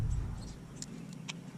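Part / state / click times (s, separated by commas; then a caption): unnamed car part (clip or connector) into its mount on the car / seated / 0.8 s, 1.3 s. During a repair on a 1998 Cobra, a second part, a clip or connector of unnamed type, is pushed home into its mount on the car. Over a low background rumble, sharp bright clicks sound at 0.8 s and 1.3 s, with a fainter tick near 1.1 s. The second part locks into place.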